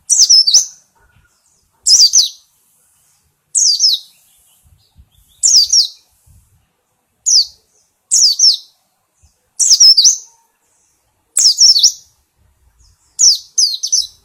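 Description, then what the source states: White-eye giving short, sharp high chirped phrases, spaced roughly every two seconds with silence between them. Song style described as ngalas ngeroll.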